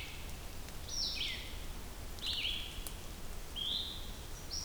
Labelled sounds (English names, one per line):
Red-eyed Vireo song